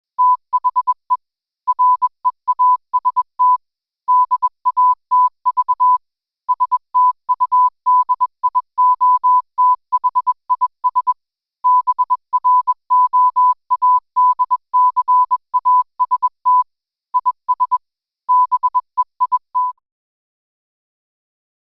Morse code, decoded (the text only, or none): THE REAST DATV STUDIO THIS BROADCAST IS BEIT